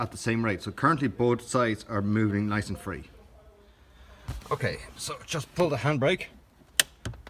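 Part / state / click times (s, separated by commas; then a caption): parking brake lever ratchet pawl in its toothed sector / seated / 6.8 s. Someone talks while adjusting the handbrake on a Kia Sorento, noting that both sides move freely, then pulls up the parking brake lever. A sharp click at 6.8 s marks the ratchet pawl engaging the first tooth of its toothed sector, followed by a few fainter ticks. The lever is seated at its first notch.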